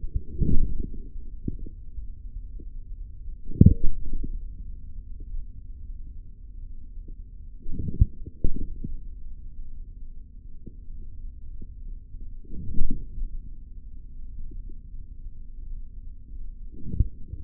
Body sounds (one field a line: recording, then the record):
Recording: forearm muscle sounds (acoustic myography)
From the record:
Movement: forearm pronation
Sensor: system 3, bracelet of six PUI Audio POM-2738L microphones around the upper forearm, with dedicated amplification and filtering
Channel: 6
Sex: male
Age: 43 years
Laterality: right